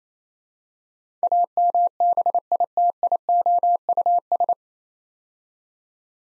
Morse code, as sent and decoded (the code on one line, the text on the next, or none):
.- -- -... .. - .. --- ..- ...
AMBITIOUS